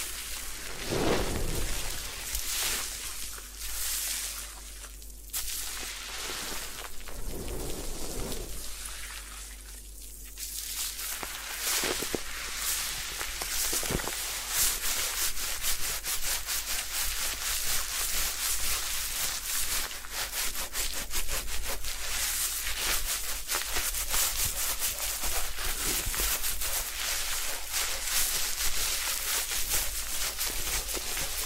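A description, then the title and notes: Hair washing and scalp massage during a head spa: dense, bright rubbing and scrubbing sounds run almost without pause. The first ten seconds come in slower strokes with brief lulls near 5 and 10 seconds, then the scratching grows busier and steadier to the end. Head Spa Hair Wash, Massage, Ear Cleaning.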